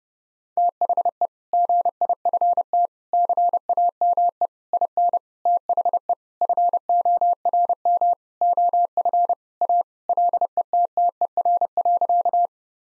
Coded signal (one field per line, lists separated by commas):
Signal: Morse code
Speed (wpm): 30 wpm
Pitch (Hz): 700 Hz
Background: none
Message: THE GIFT CAME IN THE FORM OF A LETTER.